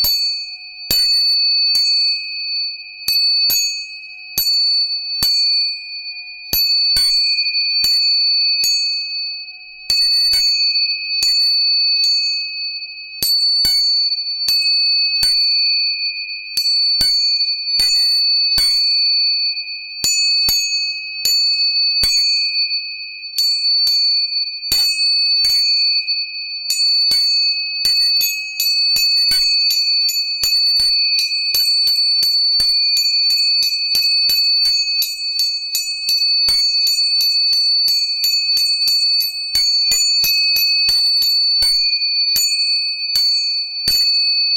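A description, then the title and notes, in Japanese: Tuning forks are struck again and again, each sharp tap leaving a clear, high, steady ringing tone that hangs under everything. The strikes come irregularly at first, then grow quicker and denser after the midpoint, becoming rapid tapping toward the end. Bright. 音叉チューニング3本。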